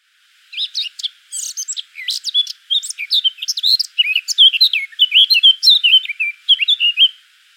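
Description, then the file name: Eurasian blackcap song, a long run of quick scratchy and fluty notes, varied in pitch, with only brief gaps, lasting nearly seven seconds. "Sylvia atricapilla"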